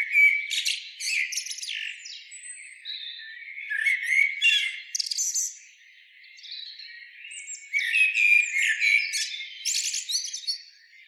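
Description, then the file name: Common blackbird song phrases of warbled notes and high, squeaky twittering, in bursts with quieter gaps between them. "Turdus merula"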